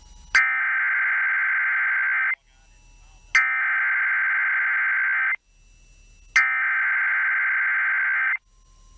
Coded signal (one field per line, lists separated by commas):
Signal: Emergency Alert System (SAME) tones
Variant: header bursts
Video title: EAS PDS Severe Thunderstorm Watch Nearly All of Wisconsin NOAA Weather Radio +WeatherSTAR4000